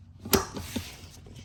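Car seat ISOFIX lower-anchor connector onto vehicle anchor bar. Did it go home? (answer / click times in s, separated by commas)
yes / 0.3 s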